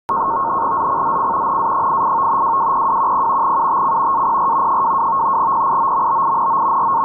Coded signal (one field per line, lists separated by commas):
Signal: NAVTEX (SITOR-B)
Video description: NAVTEX Area 3 ID N from Piombino. Reports regarding Tyrrhenian Sea and Ligurian Sea. Decoded with fldigi.